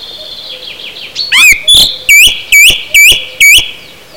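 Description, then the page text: Song thrush giving a loud, clear note repeated rhythmically several times, after a run of softer descending chirps. "jaro 2010 Drozd zpevny"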